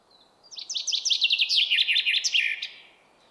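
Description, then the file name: Common chaffinch song: a cascading trill of sharp, repeated notes dropping step by step, finished with a brisk flourish. "Fringilla coelebs"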